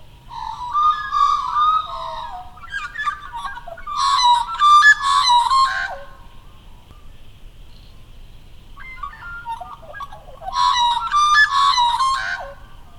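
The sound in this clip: Magpie giving two bouts of warbling, fluting calls rich in harsh overtones, separated by a quiet gap.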